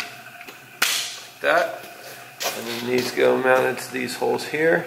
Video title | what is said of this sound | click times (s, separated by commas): CLEAN CRUISER PROJECT // Scheel-mann Seat Install on 1979 BJ40 Toyota Land Cruiser | so you pull up to slide back and this just pops into place that | 0.8 s